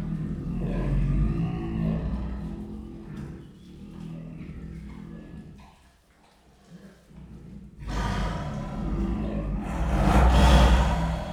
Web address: allathangok miskolcizoo 2018 sziberiai tigris amasiknostenyhangjaismegjon miskolczoo